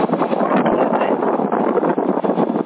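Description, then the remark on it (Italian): Steady, loud mistral wind buffeting a microphone, a dense roaring rumble with constant flutter and gusty surges, no speech over it. “Ma c'è un bel maestrino, c'è? Ah, vento era.”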